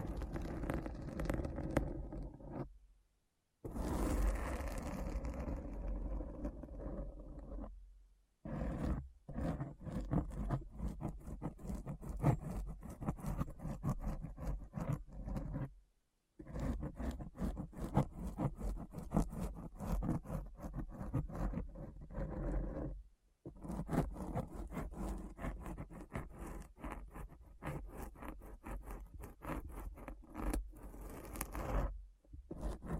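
Deep, dense scratching fills most of the recording, a rough, rumbling scrape with a strong low end and rapid fine strokes layered over it. Brief silent gaps break it up near 3, 8, 16, 23 and 32 seconds, each followed by the scratching resuming at full strength.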